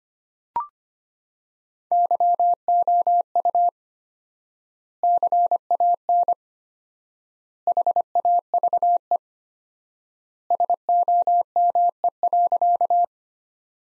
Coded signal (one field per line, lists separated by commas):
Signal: Morse code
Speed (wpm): 25 wpm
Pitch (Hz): 700 Hz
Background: none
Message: YOU CAN HAVE SOME.